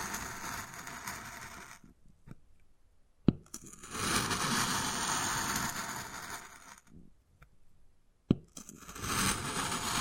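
Wood carving with scratching and scraping strokes that come in dense bursts, from the start to about 2 s, from 4 to 7 s, and again near the end. Sharp single taps sound at about 3.3 and 8.3 s, separated by quiet pauses.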